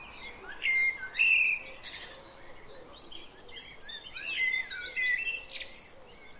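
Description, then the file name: Common blackbird whistling short, level fluty notes in two bursts, with soft twittering and a rustling sound between them. "Turdus merula"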